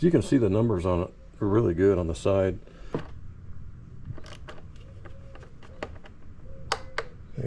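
A torque wrench tightens the MAP sensor mounting bolt on a Chevrolet Impala to 40 inch-pounds. Someone talks at the start, then scattered light ticks follow. Two sharp clicks at 6.7 and 7.0 seconds mark the wrench reaching its setting.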